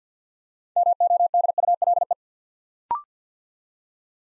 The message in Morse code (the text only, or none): MODULE